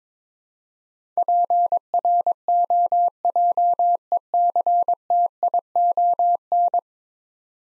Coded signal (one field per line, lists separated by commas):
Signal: Morse code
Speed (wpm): 22 wpm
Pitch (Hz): 700 Hz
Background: none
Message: PROJECTION